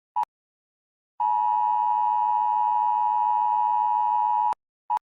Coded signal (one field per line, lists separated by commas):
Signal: Emergency Alert System (SAME) tones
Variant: 853 and 960 Hz attention tone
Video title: [EAS Scenario] If the Locust Horde was REAL (Part 8)